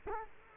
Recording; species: mosquito wingbeat signal from an infrared sensor; Culex quinquefasciatus